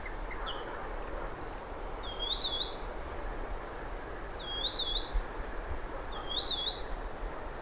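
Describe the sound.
Blyth's Reed Warbler repeating a looping whistled phrase three times, after a few scattered high notes, over steady background noise.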